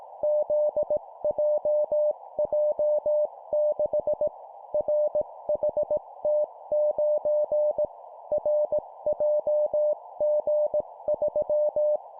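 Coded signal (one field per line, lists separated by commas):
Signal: Morse code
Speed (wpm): 18 wpm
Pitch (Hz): 600 Hz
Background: none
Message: ZJJ6 RHT9 RJG3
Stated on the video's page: 17 wpm Morse course drill of four-character groups: three letters and a number.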